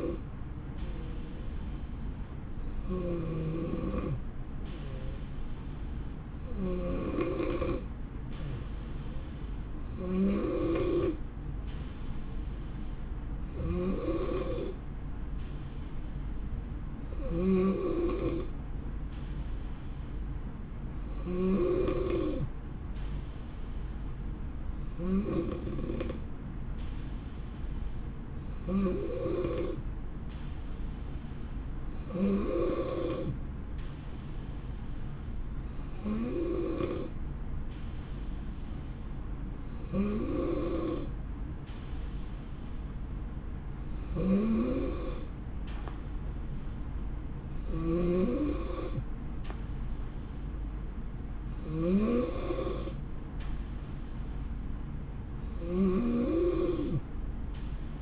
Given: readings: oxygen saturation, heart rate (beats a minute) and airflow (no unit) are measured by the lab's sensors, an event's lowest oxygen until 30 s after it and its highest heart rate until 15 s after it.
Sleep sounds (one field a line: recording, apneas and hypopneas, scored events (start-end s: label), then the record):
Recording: breathing in sleep by a smartphone at the bedside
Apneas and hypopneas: none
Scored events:
none scored
From the record:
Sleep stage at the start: N2 (light sleep)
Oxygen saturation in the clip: 89 to 90%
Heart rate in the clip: 63 to 69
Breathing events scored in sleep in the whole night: 160 in 9.3 hours asleep